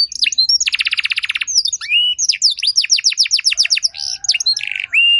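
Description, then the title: Canary song: rapid trills, sweeping whistled notes and buzzy rolls in quick succession, bright and high-pitched, with no other sounds. Belgian canary song played to make other canaries sing; long song with elaborate varied phrases. "Canto Para Esquentar Canário Belga. Suara Burung Kenari Lagu dan Cengkok Mewah Buat Kenari Lain Bakal Langsung Nyaut Gacor Panjang"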